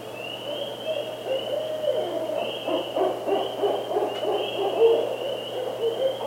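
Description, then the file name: Barred Owl giving a run of low, wavering hoots and cackling notes, overlapped by a steady pulsing insect chorus high above. Northern Barred Owl subspecies. "Strix varia - Northern Barred Owl"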